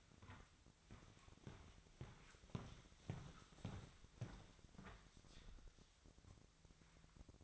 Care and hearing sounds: daily activity, microphone in the room; walk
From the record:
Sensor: 3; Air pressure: 1001.7 hPa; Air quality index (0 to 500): 228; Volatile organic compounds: 34 ppm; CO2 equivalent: 3039 ppm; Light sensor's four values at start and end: 13/39/17/14 and 13/39/17/14

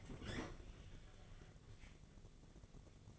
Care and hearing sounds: daily activity, microphone in the room; open fridge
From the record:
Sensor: 4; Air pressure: 1000.8 hPa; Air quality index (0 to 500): 135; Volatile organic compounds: 2 ppm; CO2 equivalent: 1005 ppm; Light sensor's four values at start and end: 27/65/27/28 and 24/58/24/26

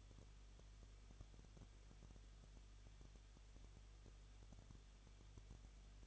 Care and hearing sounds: daily activity, microphone in the room; no activity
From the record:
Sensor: 4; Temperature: 23.0 degrees Celsius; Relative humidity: 34.1%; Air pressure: 1007.4 hPa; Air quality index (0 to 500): 214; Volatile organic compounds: 14 ppm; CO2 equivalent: 2461 ppm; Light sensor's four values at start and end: 2/3/1/1 and 2/3/1/1

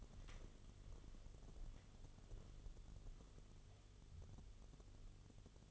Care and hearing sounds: daily activity, microphone in the room; walk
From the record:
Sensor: 4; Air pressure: 1016.2 hPa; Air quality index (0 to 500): 163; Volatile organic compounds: 6 ppm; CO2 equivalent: 1858 ppm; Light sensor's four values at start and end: 9/21/8/8 and 9/21/8/8

